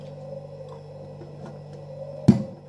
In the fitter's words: See that? Did you hear that click? That's what you want from a cap, because that'll just